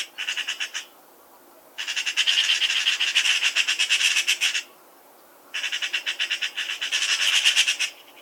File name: Pica pica 160899